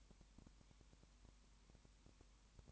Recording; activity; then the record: daily activity, microphone in the room; no activity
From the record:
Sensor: 1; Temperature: 19.7 degrees Celsius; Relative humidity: 40.5%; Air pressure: 1010.7 hPa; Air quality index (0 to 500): 208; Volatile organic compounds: 56 ppm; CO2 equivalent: 3367 ppm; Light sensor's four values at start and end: 1/2/1/1 and 1/2/1/1